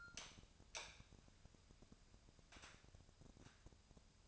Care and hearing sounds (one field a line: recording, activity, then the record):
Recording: daily activity, microphone in the room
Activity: light on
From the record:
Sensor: 2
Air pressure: 999.9 hPa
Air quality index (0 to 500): 117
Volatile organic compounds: 2 ppm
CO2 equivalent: 1008 ppm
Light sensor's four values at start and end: 31/78/33/38 and 36/93/39/43